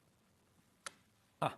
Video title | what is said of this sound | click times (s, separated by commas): HobbyMaker Live | hear it. You hear it click. | 1.4 s